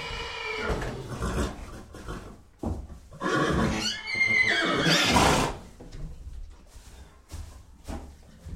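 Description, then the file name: Horse whinnying, with a shrill neigh in the middle among other stable noises. Horse recorded inside a stable. "Sound Ideas 2000 Series. Horse In Stable"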